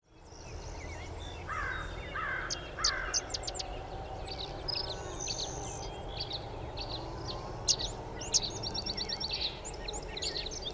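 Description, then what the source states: Sedge wren singing dry, high chips and short chattered notes scattered throughout, with lower buzzy notes early on and constant low rumble. Recorded 13 May 2001; three songs.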